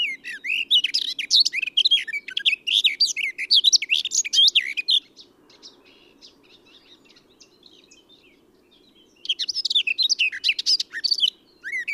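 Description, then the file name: Eurasian blackcap delivering a long, rapid warble of scratchy and whistled notes for about five seconds, a quiet gap with soft calls, then another energetic phrase; low hum throughout. "Sylvia atricapilla"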